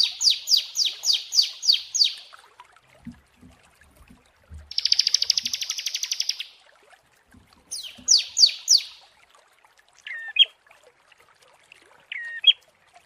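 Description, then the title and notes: Prinia song: fast runs of sharp descending notes, then a dense buzzy trill, more rapid notes, and two short chirped phrases near the end. Prenjak; tutor (masteran) therapy recording for training birds. "Masteran Terapi Prenjak. Burung Prenjak"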